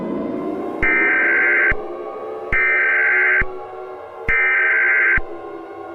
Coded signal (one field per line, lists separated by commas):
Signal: Emergency Alert System (SAME) tones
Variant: header bursts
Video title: EAS Scenario #4: South Park